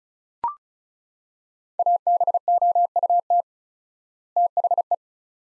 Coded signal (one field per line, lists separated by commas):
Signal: Morse code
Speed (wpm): 36 wpm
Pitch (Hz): 700 Hz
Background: none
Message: ABOUT THE